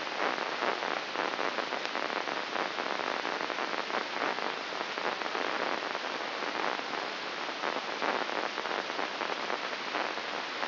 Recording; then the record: brain microelectrode recording played as sound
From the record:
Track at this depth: inside the subthalamic nucleus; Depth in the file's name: 5.001 mm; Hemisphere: right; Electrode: 2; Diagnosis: Parkinson's disease